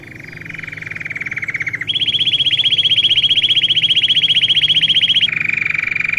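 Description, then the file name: Belgian canary rolling song: a low rapid trill, then a higher, louder rolled trill held for several seconds, then a drop back to the lower roll. Smooth-headed (plain-headed) Belgian canary, Australian line, singing. "canto do canario belga cabeca lisa australiana"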